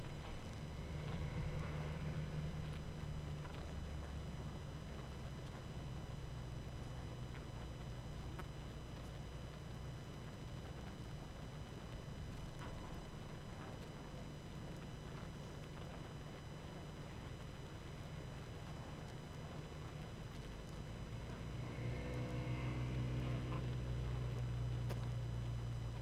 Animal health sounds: honeybee colony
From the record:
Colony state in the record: active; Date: 12 June 2018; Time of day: 21:30

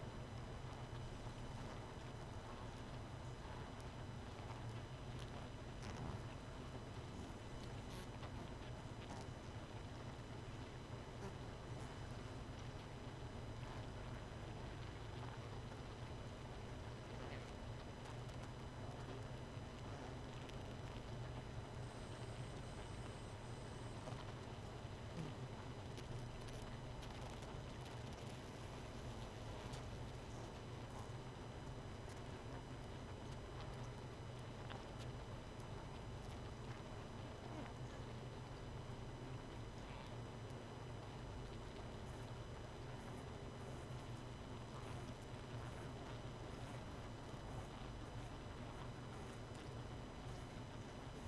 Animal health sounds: honeybee colony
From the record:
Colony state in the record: missing queen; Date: 31 May 2018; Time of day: 1:49

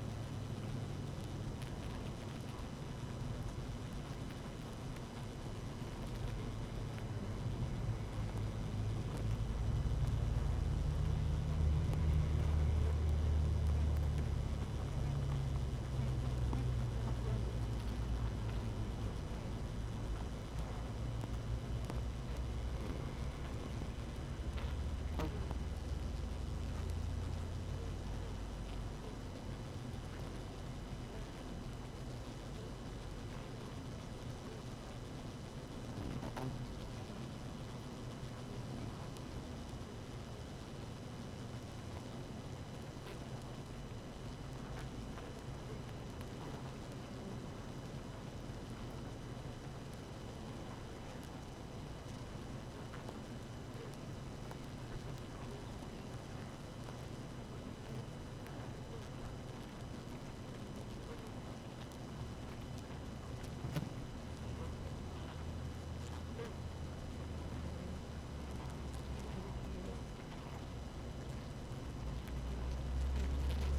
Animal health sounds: honeybee colony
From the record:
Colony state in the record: active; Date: 12 June 2018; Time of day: 6:40

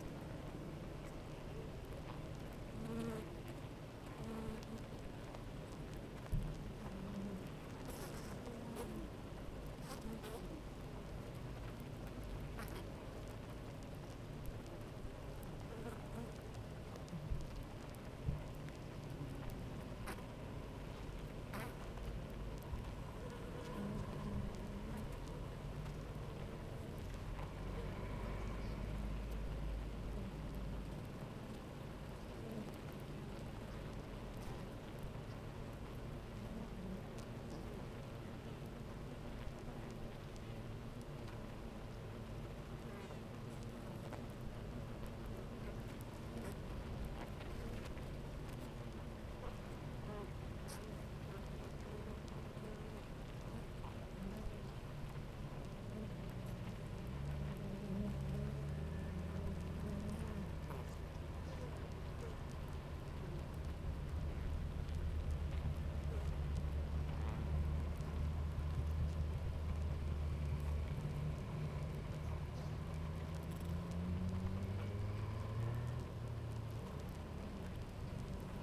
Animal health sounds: honeybee colony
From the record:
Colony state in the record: active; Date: 28 July 2017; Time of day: 9:21

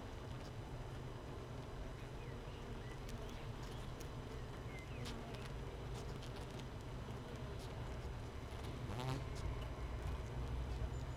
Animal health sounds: honeybee colony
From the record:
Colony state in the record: missing queen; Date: 31 May 2018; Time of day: 15:39

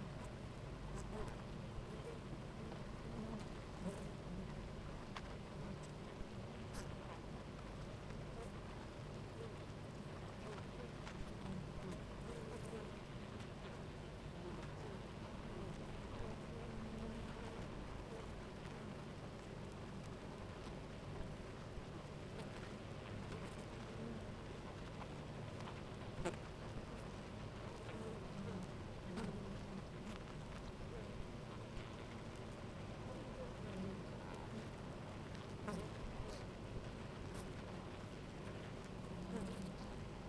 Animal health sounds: honeybee colony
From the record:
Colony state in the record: active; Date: 28 July 2017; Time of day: 10:24

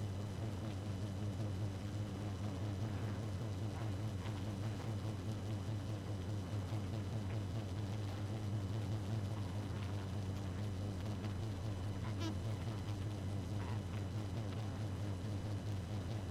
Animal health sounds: honeybee colony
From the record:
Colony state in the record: active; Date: 12 June 2018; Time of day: 0:47

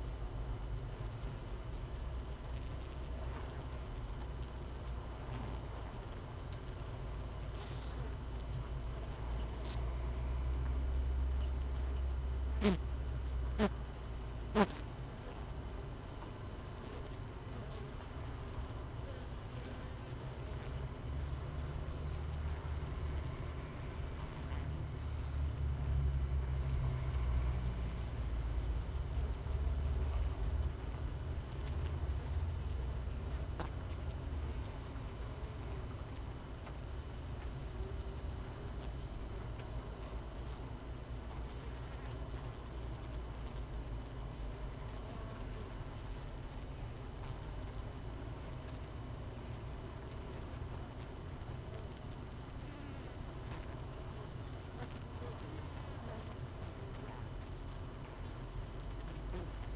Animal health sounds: honeybee colony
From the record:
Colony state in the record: missing queen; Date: 31 May 2018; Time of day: 6:18

